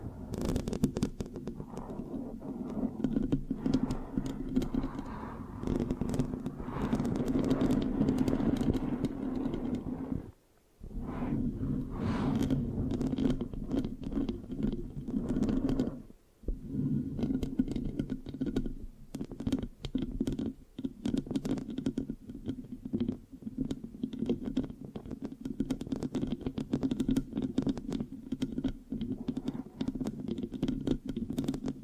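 Mic scratching fills the whole stretch, a dense, continuous rasp with a strong low rumble and sticky, crackling flecks running up into the highs. The texture stays thick and busy throughout, broken by brief silent gaps near 10 and 16 seconds.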